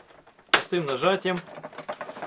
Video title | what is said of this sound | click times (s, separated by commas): Как разобрать Xbox 360 (чистка от пыли) | With a simple press, it easily snaps into place. | 0.5 s